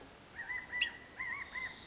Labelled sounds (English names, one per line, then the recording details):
California Quail
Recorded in Sonoma County, California